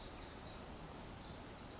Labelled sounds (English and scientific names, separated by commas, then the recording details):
Pacific Wren (Troglodytes pacificus)
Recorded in Sonoma County, California